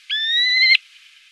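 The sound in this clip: Terek sandpiper call, one clear sustained whistle, steady and slightly rising, ending abruptly after under a second.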